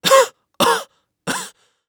Human Male Cough Out Of Breath Cough.